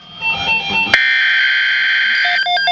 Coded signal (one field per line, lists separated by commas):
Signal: Emergency Alert System (SAME) tones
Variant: header bursts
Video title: EAS Alert #63 - Severe Thunderstorm Watch 6/8/11